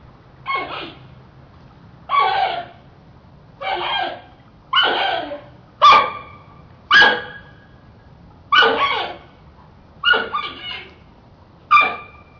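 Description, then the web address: Panda squeals in a series of several short, sharp, harmonic cries spaced about one to two seconds apart. Squealing panda, described as trying to say something. "som de panda a tentar dizer algo a guinchar"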